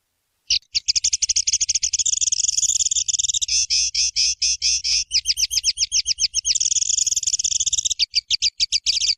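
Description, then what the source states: Streaked spiderhunter song: a long, rapid run of high, sharp chattering notes that shift pace and tone several times, with a faint low hum underneath. Long, clear, vigorous singing; tutor song for training songbirds.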